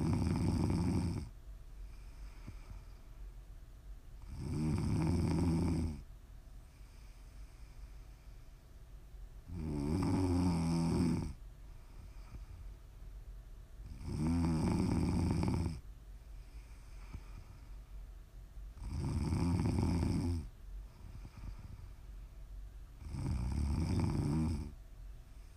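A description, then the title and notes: Loud snoring repeats in a slow, regular rhythm, one deep rasping snore about every four to five seconds, each lasting roughly a second or two. Between snores there is a quieter, steady hiss of breath. The pattern holds evenly throughout. Prime ASMR snoring.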